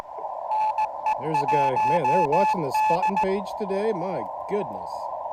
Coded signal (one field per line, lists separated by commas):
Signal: Morse code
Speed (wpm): 16 wpm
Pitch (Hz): 860 Hz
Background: speech, radio noise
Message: NE1D